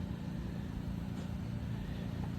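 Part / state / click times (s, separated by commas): plastic oil fill cap into generator engine oil filler neck / not seated / none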